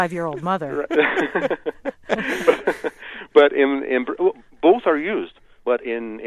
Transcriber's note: laughter